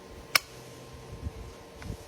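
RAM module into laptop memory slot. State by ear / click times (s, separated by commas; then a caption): seated / 0.4 s. A laptop RAM module, inserted at a 45-degree angle into the memory slot, is pushed down until its retaining clips snap it into place. One sharp, loud click sounds at 0.4 s, followed by a much fainter tick at 1.8 s and low handling rustle. The module seats in the slot.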